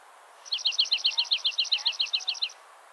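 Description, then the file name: Dark-eyed junco (white-winged): dark-eyed junco delivering a single steady trill of rapid high notes lasting about two seconds, with quiet background hiss. White-winged subspecies (aikeni) of the dark-eyed junco. "Junco hyemalis aikeni - Dark-eyed Junco"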